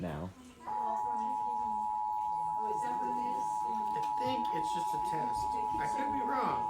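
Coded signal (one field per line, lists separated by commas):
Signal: Emergency Alert System (SAME) tones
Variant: 853 and 960 Hz attention tone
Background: speech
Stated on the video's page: Real Flash Flood Warning, not a test, received on TV.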